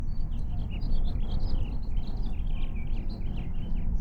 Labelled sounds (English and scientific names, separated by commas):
House Finch (Haemorhous mexicanus) song